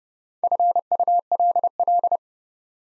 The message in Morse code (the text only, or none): FULL